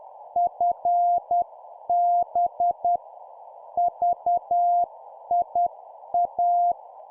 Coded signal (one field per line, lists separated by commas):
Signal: Morse code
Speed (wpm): 10 wpm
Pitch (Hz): 700 Hz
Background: none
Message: FB VIA